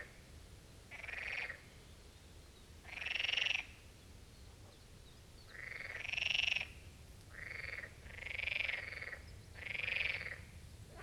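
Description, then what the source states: Marsh frogs giving separate rattling croaks of about half a second to a second, spaced by quiet gaps over a low background hiss. Chorus of marsh frogs at the Birkensee in Schönbuch, Germany, recorded on one of the first hot summer days of 2023.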